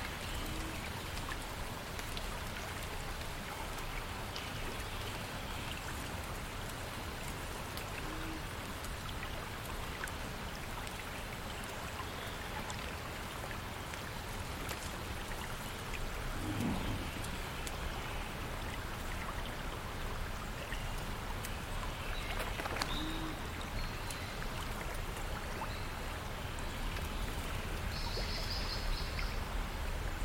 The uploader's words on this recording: Watermill house in the deep forest ambience. You can here distant watermill from small house over there. Surrounded by the rustling of leaves in the trees, birds chirping, gentle water flowing.